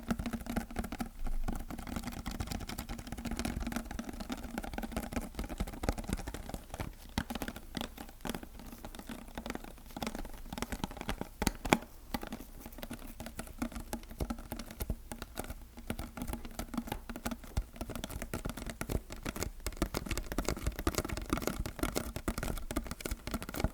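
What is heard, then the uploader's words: Sticky tapping goes on without a break, a dense run of quick, irregular taps with a faint tacky peel to them, dry, over a steady low hum that stays constant throughout. ASMR Sticky Tapping.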